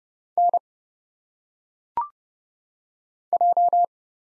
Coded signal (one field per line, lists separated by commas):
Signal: Morse code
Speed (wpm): 29 wpm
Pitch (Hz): 700 Hz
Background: none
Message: N J